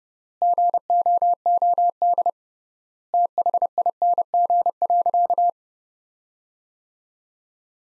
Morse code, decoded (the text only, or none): GOOD THING.